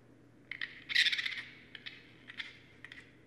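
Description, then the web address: Raccoon calls: a dense burst of harsh, chattering squeals near the one-second mark, then shorter scratchy chirps, over a low steady hum. Recorded 23 January 2012. "sounds mammals Raccoon 2012 01 23 Raccoon"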